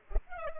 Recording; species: mosquito wingbeat signal from an infrared sensor; Culex pipiens